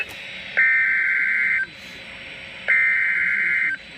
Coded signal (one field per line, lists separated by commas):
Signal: Emergency Alert System (SAME) tones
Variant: header bursts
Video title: EAS #300!!!!!!!!! - Severe Thunderstorm Warning